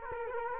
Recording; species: mosquito wingbeat signal from an infrared sensor; Culex quinquefasciatus